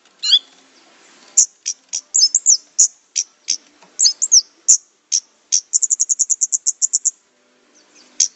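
Orange-headed thrush song: scattered high, thin notes and short slurred phrases, then a rapid even trill of bright notes lasting over a second, followed by a pause and one more note.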